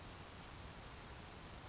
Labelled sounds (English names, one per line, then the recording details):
Grasshopper Sparrow
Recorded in Sonoma County, California